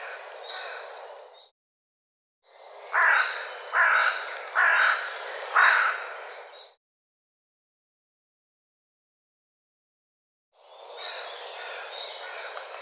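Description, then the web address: Bird with a series of four harsh caws, roughly one per second, over steady background hiss. "cianscape birddata Deverinetal"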